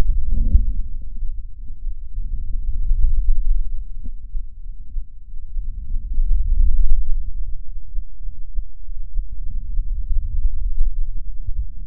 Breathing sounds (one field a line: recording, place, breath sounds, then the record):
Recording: lung sounds by stethoscope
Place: right anterior upper chest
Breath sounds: normal breath sounds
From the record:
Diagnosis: none (healthy)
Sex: male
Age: 33 years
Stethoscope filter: bell mode, 20 to 200 Hz